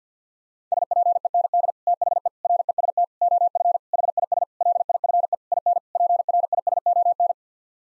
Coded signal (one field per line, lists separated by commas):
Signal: Morse code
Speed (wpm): 50 wpm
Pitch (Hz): 700 Hz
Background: none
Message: SPEND THE REST OF HIS LIFE IN PRISON